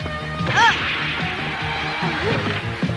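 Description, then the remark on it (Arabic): A football is struck with a solid thwack as the Al-Majd team takes a free kick, amid a dense wash of game noise, with a brief rising and falling tonal cry near the start and no clear talk. “قام فريق المجد بتسديد الرمية الحرة وأرسلها إلى ماجد.”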